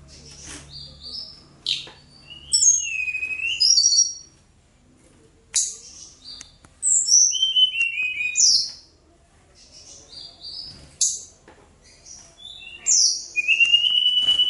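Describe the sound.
Bird singing in separated phrases of high descending whistles and sharp harsh clicks, with short silent gaps between.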